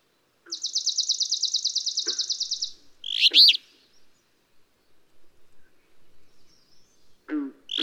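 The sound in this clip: Alder flycatcher singing a short burry phrase after a long, high, dry buzzing trill from another singer, with scattered low chip notes and another phrase starting at the end.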